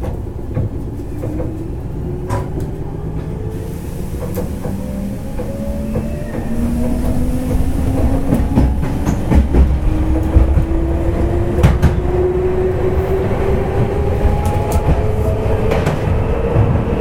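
A Nankai Railway 7100 series train runs steadily, with a deep, dense rumble throughout. Two motor whines slowly rise in pitch as the train speeds up. Sharp clicks and clanks of the wheels over the rail joints come irregularly, more often after about six seconds, as the noise grows slightly louder.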